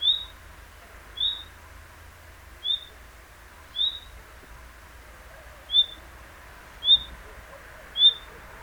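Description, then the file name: Common nightingale giving single high whistled notes, each brief and slightly upslurred, seven in all at uneven gaps of one to two seconds, with a soft low rumble behind. "Luscinia megarhynchos"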